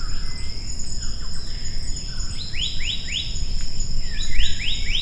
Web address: maratua monarch